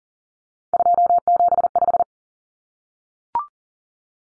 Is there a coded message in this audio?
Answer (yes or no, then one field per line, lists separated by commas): yes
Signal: Morse code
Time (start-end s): 0.7-2.0 s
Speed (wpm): 40 wpm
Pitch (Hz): 700 Hz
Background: none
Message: 275